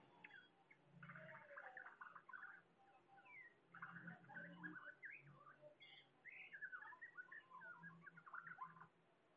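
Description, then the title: Bird singing dense, tumbling runs of chirps and whistles over noticeable low rumbling background noise. "SuaraBurung Kicau"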